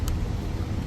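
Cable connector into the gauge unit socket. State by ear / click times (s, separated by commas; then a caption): seated / 0.1 s. A LUFI X7 gauge's cable connector, turned so its locking tab faces up, is pushed into the gauge unit's socket and gives a short, sharp click at 0.1 s as it latches. After that it cannot be pulled out. Steady low-frequency noise runs underneath throughout.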